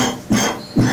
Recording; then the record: coughing mixed with background sound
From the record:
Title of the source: Spring Cold Coughing 3